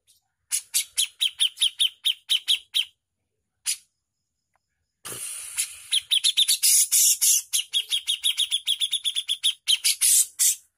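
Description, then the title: Javan bush lark song: a fast train of high sharp chirps, a pause, then a rough buzzy burst followed by dense, rapid chirping. Prolific (super gacor) song used as a master recording for training songbirds. "MASTERAN KICAUAN BRANJANGAN SUPER GACOR"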